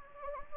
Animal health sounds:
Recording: mosquito wingbeat signal from an infrared sensor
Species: Anopheles gambiae

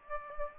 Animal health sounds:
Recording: mosquito wingbeat signal from an infrared sensor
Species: Aedes aegypti

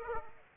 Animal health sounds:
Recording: mosquito wingbeat signal from an infrared sensor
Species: Aedes aegypti

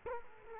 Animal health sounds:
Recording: mosquito wingbeat signal from an infrared sensor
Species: Culex quinquefasciatus

